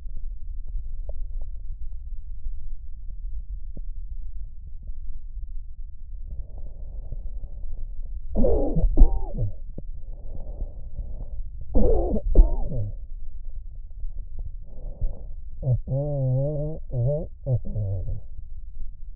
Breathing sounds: lung sounds by stethoscope; left posterior basal chest; quiet breathing, then cough and speech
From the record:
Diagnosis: interstitial lung disease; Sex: male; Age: 75 years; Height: 167 cm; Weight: 68 kg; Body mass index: 24.4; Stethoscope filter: extended mode

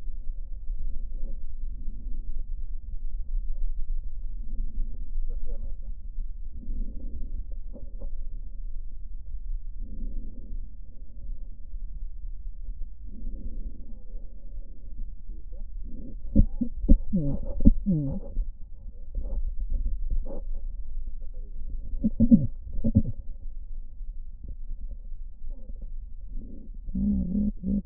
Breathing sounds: lung sounds by stethoscope; left posterior apical chest; quiet breathing, then cough and speech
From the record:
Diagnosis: COPD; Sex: female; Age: 72 years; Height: 156 cm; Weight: 72 kg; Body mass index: 29.6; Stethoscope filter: diaphragm mode

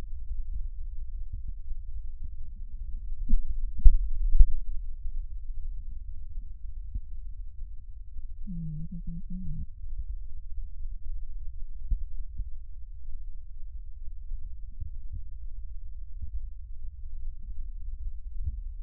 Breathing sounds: lung sounds by stethoscope; right posterior basal chest; quiet breathing, then cough and speech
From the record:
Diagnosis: COPD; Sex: female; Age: 75 years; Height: 155 cm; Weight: 67.6 kg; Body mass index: 28.1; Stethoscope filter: bell mode

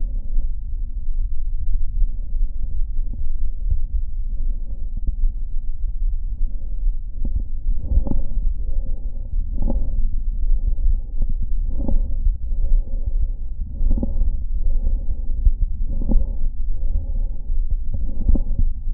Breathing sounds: lung sounds by stethoscope; right anterior apical chest; quiet breathing, then deep breathing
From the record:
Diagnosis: COPD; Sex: male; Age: 72 years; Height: 172 cm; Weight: 58.6 kg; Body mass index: 19.8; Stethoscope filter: diaphragm mode

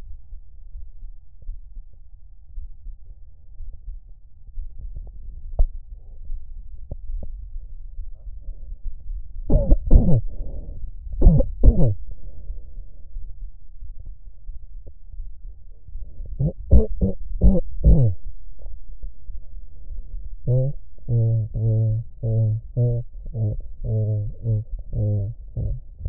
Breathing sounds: lung sounds by stethoscope; right anterior apical chest; quiet breathing, then cough and speech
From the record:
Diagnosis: none (healthy); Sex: male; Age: 30 years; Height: 190 cm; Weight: 88 kg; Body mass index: 24.4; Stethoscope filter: extended mode

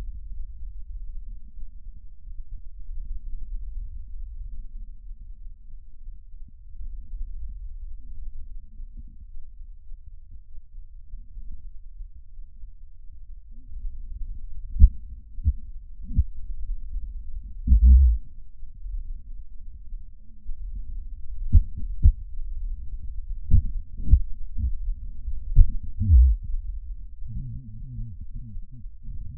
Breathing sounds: lung sounds by stethoscope; right anterior apical chest; quiet breathing, then cough and speech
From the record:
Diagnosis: pulmonary infection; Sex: male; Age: 69 years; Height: 184 cm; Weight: 115 kg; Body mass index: 34.0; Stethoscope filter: bell mode

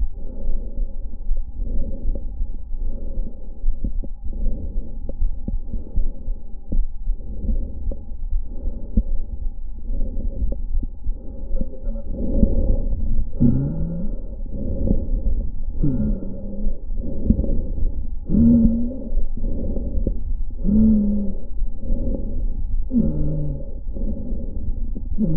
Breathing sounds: lung sounds by stethoscope; left anterior apical chest; quiet breathing, then deep breathing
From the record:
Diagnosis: interstitial lung disease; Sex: female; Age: 72 years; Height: 153 cm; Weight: 71 kg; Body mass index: 30.3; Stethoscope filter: diaphragm mode

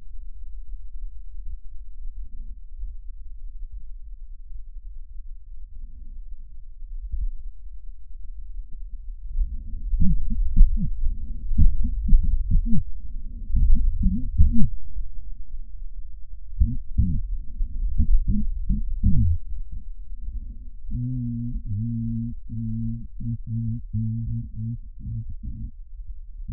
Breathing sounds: lung sounds by stethoscope; left posterior basal chest; quiet breathing, then cough and speech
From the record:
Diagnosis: pulmonary infection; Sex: male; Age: 86 years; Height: 165 cm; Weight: 65 kg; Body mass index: 23.9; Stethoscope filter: bell mode

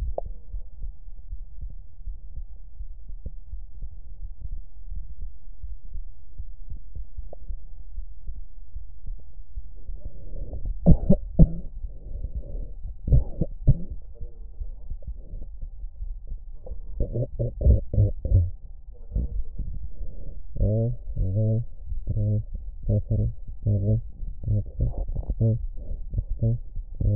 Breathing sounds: lung sounds by stethoscope; left anterior apical chest; quiet breathing, then cough and speech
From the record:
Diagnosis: none (healthy); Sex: male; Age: 29 years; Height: 180 cm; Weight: 100 kg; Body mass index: 30.9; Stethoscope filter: extended mode

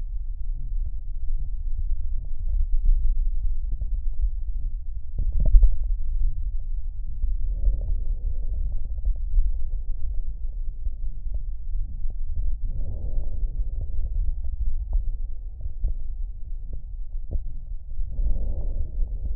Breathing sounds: lung sounds by stethoscope; right anterior apical chest; quiet breathing, then deep breathing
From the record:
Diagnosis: interstitial lung disease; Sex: male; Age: 72 years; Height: 170 cm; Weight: 62.9 kg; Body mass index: 21.8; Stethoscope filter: extended mode

